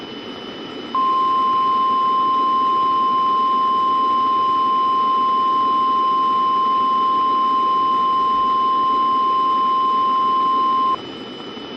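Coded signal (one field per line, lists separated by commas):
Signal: Emergency Alert System (SAME) tones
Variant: 1050 Hz attention tone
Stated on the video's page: Valid SAME codes in a fictional zombie-virus EAS scenario.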